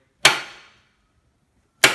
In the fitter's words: you take it up two clicks it